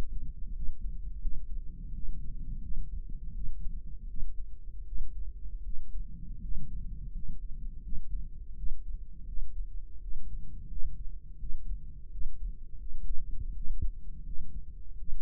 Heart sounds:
heart sounds by microphone in the right ear; 83 bpm
0.57 s: heartbeat
1.24 s: heartbeat
1.96 s: heartbeat
2.64 s: heartbeat
3.37 s: heartbeat
4.10 s: heartbeat
4.88 s: heartbeat
5.66 s: heartbeat
6.44 s: heartbeat
7.16 s: heartbeat
7.85 s: heartbeat
8.59 s: heartbeat
9.29 s: heartbeat
10.03 s: heartbeat
10.72 s: heartbeat
11.42 s: heartbeat
12.13 s: heartbeat
12.82 s: heartbeat
13.57 s: heartbeat
14.27 s: heartbeat
14.99 s: heartbeat
From the record:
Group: healthy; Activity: rest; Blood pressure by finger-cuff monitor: 151/80 mmHg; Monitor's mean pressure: 100 mmHg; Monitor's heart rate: 84 bpm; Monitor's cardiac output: 7.3 L/min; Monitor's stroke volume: 87 mL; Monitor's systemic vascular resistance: 1020 dyn s/cm5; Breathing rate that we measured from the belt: 15 breaths a minute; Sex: male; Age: 21 years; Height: 175 cm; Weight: 72.6 kg

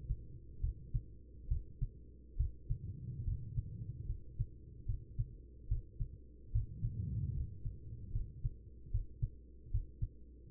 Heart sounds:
heart sounds by stethoscope; 73 bpm
0.61 s: heartbeat
1.48 s: heartbeat
2.37 s: heartbeat
3.25 s: heartbeat
4.06 s: heartbeat
4.86 s: heartbeat
5.68 s: heartbeat
6.52 s: heartbeat
7.34 s: heartbeat
8.12 s: heartbeat
8.91 s: heartbeat
9.71 s: heartbeat
From the record:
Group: healthy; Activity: rest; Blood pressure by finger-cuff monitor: 101/73 mmHg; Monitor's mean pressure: 86 mmHg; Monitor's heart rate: 73 bpm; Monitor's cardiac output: 5.1 L/min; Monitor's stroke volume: 70 mL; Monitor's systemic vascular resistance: 1210 dyn s/cm5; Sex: female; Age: 43 years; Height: 160 cm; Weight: 90 kg

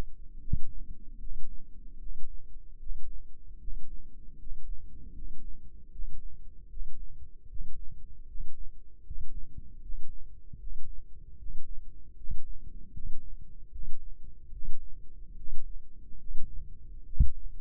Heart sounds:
heart sounds by microphone in the left ear; 76 bpm
0.38 s: heartbeat
1.18 s: heartbeat
1.97 s: heartbeat
2.77 s: heartbeat
3.58 s: heartbeat
4.36 s: heartbeat
5.12 s: heartbeat
5.90 s: heartbeat
6.67 s: heartbeat
7.47 s: heartbeat
8.25 s: heartbeat
9.02 s: heartbeat
9.80 s: heartbeat
10.57 s: heartbeat
11.36 s: heartbeat
12.14 s: heartbeat
12.91 s: heartbeat
13.70 s: heartbeat
14.50 s: heartbeat
15.34 s: heartbeat
16.16 s: heartbeat
17.04 s: heartbeat
From the record:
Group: healthy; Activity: rest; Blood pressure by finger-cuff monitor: 112/74 mmHg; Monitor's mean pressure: 82 mmHg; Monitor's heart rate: 76 bpm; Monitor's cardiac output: 6.2 L/min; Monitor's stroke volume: 81 mL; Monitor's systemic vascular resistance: 960 dyn s/cm5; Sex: male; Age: 35 years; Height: 180 cm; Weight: 86.9 kg

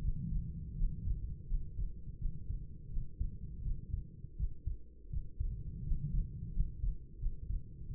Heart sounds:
heart sounds by stethoscope; 84 bpm
0.75 s: heartbeat
1.46 s: heartbeat
2.17 s: heartbeat
2.88 s: heartbeat
3.61 s: heartbeat
4.35 s: heartbeat
5.09 s: heartbeat
5.82 s: heartbeat
6.51 s: heartbeat
7.17 s: heartbeat
7.87 s: heartbeat
From the record:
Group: healthy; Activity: rest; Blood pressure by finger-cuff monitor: 102/54 mmHg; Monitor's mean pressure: 68 mmHg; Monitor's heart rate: 84 bpm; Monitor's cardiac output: 7.3 L/min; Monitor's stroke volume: 93 mL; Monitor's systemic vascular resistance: 660 dyn s/cm5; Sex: female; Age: 26 years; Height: 165 cm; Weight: 55 kg

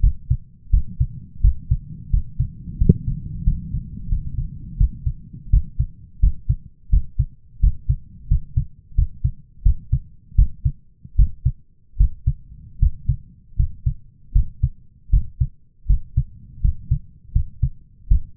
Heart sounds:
heart sounds by stethoscope; 83 bpm
0.00 s: heartbeat
0.70 s: heartbeat
1.41 s: heartbeat
2.10 s: heartbeat
2.78 s: heartbeat
3.44 s: heartbeat
4.08 s: heartbeat
4.77 s: heartbeat
5.50 s: heartbeat
6.20 s: heartbeat
6.90 s: heartbeat
7.60 s: heartbeat
8.28 s: heartbeat
8.95 s: heartbeat
9.63 s: heartbeat
10.35 s: heartbeat
11.16 s: heartbeat
11.97 s: heartbeat
12.79 s: heartbeat
13.56 s: heartbeat
14.32 s: heartbeat
15.10 s: heartbeat
15.87 s: heartbeat
16.61 s: heartbeat
17.32 s: heartbeat
18.08 s: heartbeat
From the record:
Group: healthy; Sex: male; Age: 23 years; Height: 179 cm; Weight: 87 kg

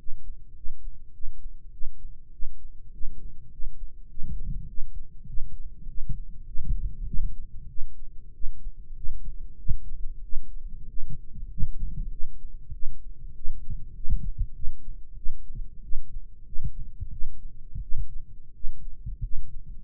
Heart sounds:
heart sounds by microphone in the right ear; 96 bpm
0.53 s: heartbeat
1.11 s: heartbeat
1.70 s: heartbeat
2.30 s: heartbeat
2.91 s: heartbeat
3.49 s: heartbeat
4.07 s: heartbeat
4.66 s: heartbeat
5.25 s: heartbeat
5.85 s: heartbeat
6.44 s: heartbeat
7.04 s: heartbeat
7.67 s: heartbeat
8.31 s: heartbeat
8.93 s: heartbeat
9.56 s: heartbeat
10.21 s: heartbeat
10.86 s: heartbeat
11.47 s: heartbeat
12.09 s: heartbeat
12.71 s: heartbeat
13.33 s: heartbeat
13.93 s: heartbeat
14.52 s: heartbeat
15.14 s: heartbeat
15.81 s: heartbeat
16.43 s: heartbeat
17.09 s: heartbeat
17.80 s: heartbeat
18.52 s: heartbeat
19.20 s: heartbeat
From the record:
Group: healthy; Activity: rest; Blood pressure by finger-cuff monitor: 127/75 mmHg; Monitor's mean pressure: 95 mmHg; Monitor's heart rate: 99 bpm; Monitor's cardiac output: 8.2 L/min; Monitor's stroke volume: 84 mL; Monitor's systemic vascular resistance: 860 dyn s/cm5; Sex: male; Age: 21 years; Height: 180 cm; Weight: 67.5 kg

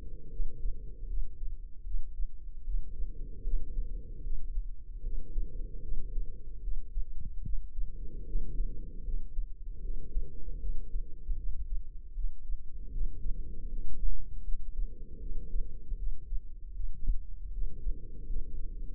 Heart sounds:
heart sounds by microphone in the left ear; 77 bpm
0.28 s: heartbeat
1.05 s: heartbeat
1.82 s: heartbeat
2.62 s: heartbeat
3.42 s: heartbeat
4.21 s: heartbeat
5.01 s: heartbeat
5.80 s: heartbeat
6.59 s: heartbeat
7.41 s: heartbeat
8.23 s: heartbeat
9.03 s: heartbeat
9.80 s: heartbeat
10.58 s: heartbeat
11.34 s: heartbeat
12.12 s: heartbeat
12.89 s: heartbeat
13.67 s: heartbeat
14.43 s: heartbeat
15.18 s: heartbeat
15.95 s: heartbeat
16.71 s: heartbeat
17.49 s: heartbeat
18.25 s: heartbeat
From the record:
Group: healthy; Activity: cold pressor test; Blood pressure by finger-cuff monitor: 125/88 mmHg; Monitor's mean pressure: 102 mmHg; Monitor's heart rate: 77 bpm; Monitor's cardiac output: 5.8 L/min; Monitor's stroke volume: 75 mL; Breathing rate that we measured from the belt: 12 breaths a minute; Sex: female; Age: 32 years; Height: 172 cm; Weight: 71.7 kg

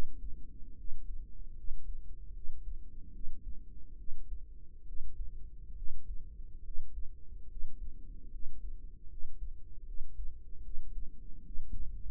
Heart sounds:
heart sounds by microphone in the right ear; 73 bpm
0.74 s: heartbeat
1.53 s: heartbeat
2.31 s: heartbeat
3.10 s: heartbeat
3.95 s: heartbeat
4.83 s: heartbeat
5.73 s: heartbeat
6.61 s: heartbeat
7.46 s: heartbeat
8.28 s: heartbeat
9.06 s: heartbeat
9.83 s: heartbeat
10.61 s: heartbeat
11.42 s: heartbeat
From the record:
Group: healthy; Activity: rest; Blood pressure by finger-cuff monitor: 118/61 mmHg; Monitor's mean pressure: 77 mmHg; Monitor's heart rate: 72 bpm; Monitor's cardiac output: 5.9 L/min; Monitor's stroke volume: 84 mL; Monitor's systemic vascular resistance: 940 dyn s/cm5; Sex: female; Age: 32 years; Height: 168 cm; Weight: 61.9 kg

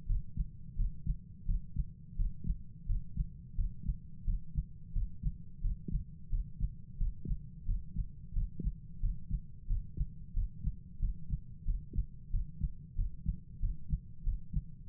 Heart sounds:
heart sounds by stethoscope; 89 bpm
0.06 s: heartbeat
0.76 s: heartbeat
1.45 s: heartbeat
2.16 s: heartbeat
2.86 s: heartbeat
3.55 s: heartbeat
4.24 s: heartbeat
4.92 s: heartbeat
5.61 s: heartbeat
6.29 s: heartbeat
6.97 s: heartbeat
7.65 s: heartbeat
8.33 s: heartbeat
8.99 s: heartbeat
9.66 s: heartbeat
10.33 s: heartbeat
10.99 s: heartbeat
11.64 s: heartbeat
12.30 s: heartbeat
12.95 s: heartbeat
13.59 s: heartbeat
14.23 s: heartbeat
14.86 s: heartbeat
From the record:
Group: healthy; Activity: breath hold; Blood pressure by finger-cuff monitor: 98/66 mmHg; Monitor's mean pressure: 75 mmHg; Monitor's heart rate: 90 bpm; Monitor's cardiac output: 7.2 L/min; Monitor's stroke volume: 80 mL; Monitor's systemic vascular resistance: 750 dyn s/cm5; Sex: male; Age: 19 years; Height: 178 cm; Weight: 83 kg

